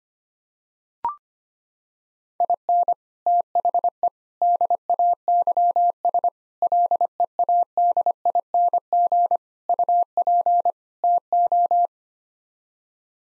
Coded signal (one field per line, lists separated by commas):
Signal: Morse code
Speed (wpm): 25 wpm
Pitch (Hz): 700 Hz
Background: none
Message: IN THE DAYS LEADING UP TO